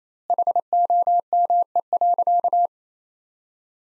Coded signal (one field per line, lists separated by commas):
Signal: Morse code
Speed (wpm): 28 wpm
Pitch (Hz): 700 Hz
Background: none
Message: HOME.